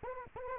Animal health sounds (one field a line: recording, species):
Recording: mosquito wingbeat signal from an infrared sensor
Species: Anopheles arabiensis